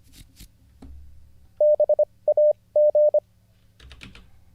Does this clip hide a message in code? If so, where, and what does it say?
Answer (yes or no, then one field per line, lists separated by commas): yes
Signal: Morse code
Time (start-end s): 1.6-3.2 s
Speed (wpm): 25 wpm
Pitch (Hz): 600 Hz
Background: none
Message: BAG